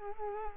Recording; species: mosquito wingbeat signal from an infrared sensor; Culex quinquefasciatus